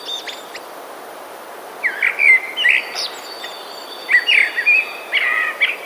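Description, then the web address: Common blackbird song: several quick fluty warbled bursts in two groups, with thin high notes above and a constant background hiss. Recorded 28 January 2018. "wroblowe teka kos 28 01 2018"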